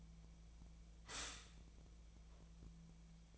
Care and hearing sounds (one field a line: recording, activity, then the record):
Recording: daily activity, microphone in the room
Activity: stop toaster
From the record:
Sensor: 1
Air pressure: 1009.3 hPa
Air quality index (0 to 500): 196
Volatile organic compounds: 20 ppm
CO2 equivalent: 2675 ppm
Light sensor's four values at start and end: 27/70/29/34 and 27/70/29/34